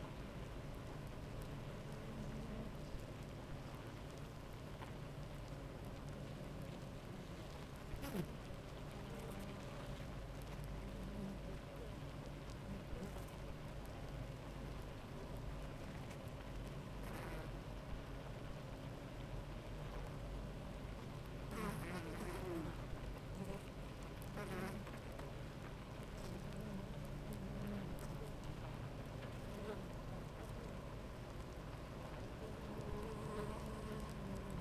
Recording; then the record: honeybee colony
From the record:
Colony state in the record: active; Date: 28 July 2017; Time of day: 9:27